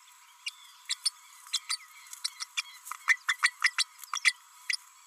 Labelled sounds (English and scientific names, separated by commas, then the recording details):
Green-rumped Parrotlet (Forpus passerinus) babbling
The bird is a female
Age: 32 days
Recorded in a nest box in Venezuela
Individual 17B32A5